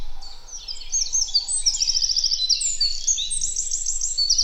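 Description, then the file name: Eurasian wren singing a continuous high, rapid warble with bright buzzy trills running through the whole stretch. "Troglodytes troglodytes"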